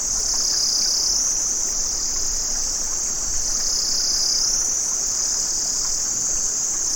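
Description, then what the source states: Cicadas produce an unbroken high, hissing trill that dips and swells once. Cicadas recorded in Vietnam.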